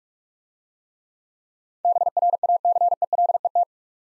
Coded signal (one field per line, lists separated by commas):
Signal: Morse code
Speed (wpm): 45 wpm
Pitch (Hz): 700 Hz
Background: none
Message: BRACELET